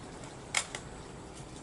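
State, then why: Seated. A tab on a modular metal windscreen and pot stand panel is pushed into the formed groove of the adjoining panel. Two sharp snaps ring out at 0.6 s and 0.8 s over a low steady background. The tabs lock in, and the panels hold well.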